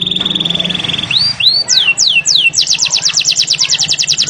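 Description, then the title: Canary song: a fast rattling tone, two rising slurs, several falling sweeps, then a brisk, regular trill. Canary song used as a lure to get lazy, quiet canaries singing energetically. "mster Mnuk. PANCINGAN KENARI MALES BUNYI JADI GACOR"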